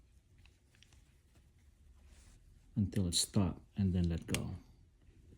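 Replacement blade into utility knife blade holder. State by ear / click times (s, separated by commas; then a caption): not seated / none. A replacement blade is slid into the blade holder of a Craftsman utility knife until it stops, before it is pulled up to lock. Only a few faint small taps are heard early on, then someone talks. Nothing has clicked into place yet.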